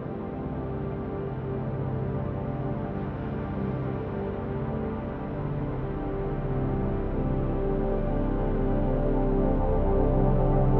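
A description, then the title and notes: Wind chimes music of dense, overlapping sustained tones, mellow and low-weighted with no bright top, swelling slowly louder through the final seconds. A Calming Ambience of Gentle Wind Chimes. A gentle breeze blowing through chimes.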